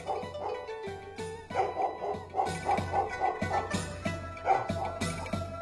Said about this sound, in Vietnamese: Con chó mốc lúc này sung sướng, nó nhảy cẫng lên rồi chĩa về bên ấy mà sủa to như cổ động viên vậy.